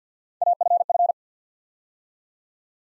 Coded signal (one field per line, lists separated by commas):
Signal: Morse code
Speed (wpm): 50 wpm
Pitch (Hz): 700 Hz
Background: none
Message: AFF